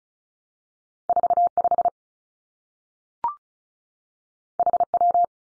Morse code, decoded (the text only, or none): 4 5 H W